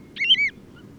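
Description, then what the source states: Bird giving one short, bright, slightly wavering call lasting under half a second, over a quiet low rumble. Calls given while taking off and flying away.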